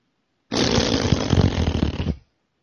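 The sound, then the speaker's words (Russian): A single long, loud fart sound made by a person, lasting under two seconds, a rough buzzing rattle with uneven low flutters throughout, heard alone with no talking before it cuts off. “Вот ты что, жопой делаешь или губами?”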